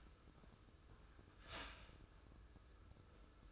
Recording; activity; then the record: daily activity, microphone in the room; start toaster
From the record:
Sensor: 2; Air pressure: 995.0 hPa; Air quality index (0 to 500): 56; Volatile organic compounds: 1 ppm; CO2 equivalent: 913 ppm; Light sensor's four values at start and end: 17/53/21/20 and 17/54/21/20